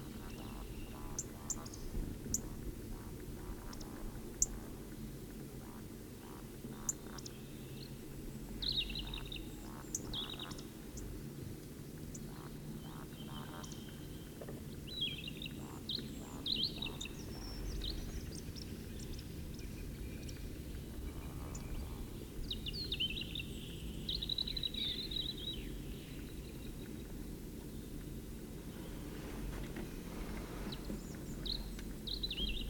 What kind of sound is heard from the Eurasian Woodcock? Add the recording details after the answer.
call. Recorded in the wild. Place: Sassnitz, Insel Rügen, Mecklenburg-Vorpommern, DE. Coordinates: 54.565, 13.615. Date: 1978-06-07. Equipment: Nagra III BH, Sennheiser MD 21, parabola. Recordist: Schubert, Michael